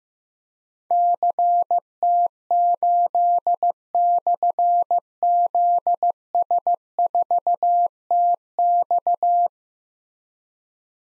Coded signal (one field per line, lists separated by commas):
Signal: Morse code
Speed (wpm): 15 wpm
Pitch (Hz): 700 Hz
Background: none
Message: CT8/ZS4TX